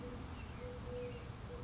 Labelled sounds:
Eurasian Collared Dove (Streptopelia decaocto)

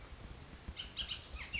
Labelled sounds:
Bullock's Oriole (Icterus bullockii)

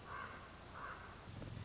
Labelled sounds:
Common Raven (Corvus corax)

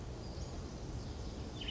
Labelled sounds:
Western Flycatcher (Empidonax difficilis)

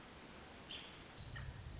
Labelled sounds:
American Robin (Turdus migratorius)

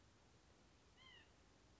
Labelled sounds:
White-breasted Nuthatch (Sitta carolinensis)

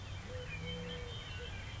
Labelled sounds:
Eurasian Collared Dove (Streptopelia decaocto)

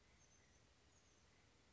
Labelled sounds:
Oak Titmouse (Baeolophus inornatus)

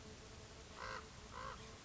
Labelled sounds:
Common Raven (Corvus corax)

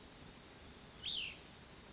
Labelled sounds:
Cassin's Vireo (Vireo cassinii)

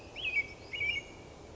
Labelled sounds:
American Robin (Turdus migratorius)

